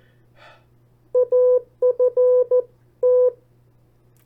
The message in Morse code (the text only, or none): AFT